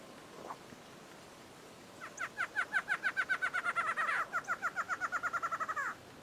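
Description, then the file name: Barred antshrike song: two fast runs of nasal notes back to back, each ending in a longer note. "Canto do choca barrada"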